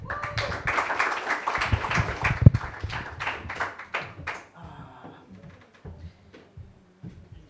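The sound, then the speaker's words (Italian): An audience at a comedy night bursts into loud, dense applause that holds steady for about four seconds, then thins out into scattered, fading claps with some faint voices underneath. “Vi chiedo un grandissimo applauso.”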